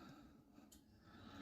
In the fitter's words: is good. That was a good solid click.